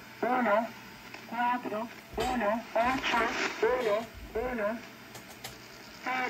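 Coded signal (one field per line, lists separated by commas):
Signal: numbers station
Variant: HM01, Spanish female voice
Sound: synthetic female voice reading short words one by one, evenly spaced, over static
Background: radio static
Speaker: and there you have the shortwave numbers station known as hm01 or the cuban lady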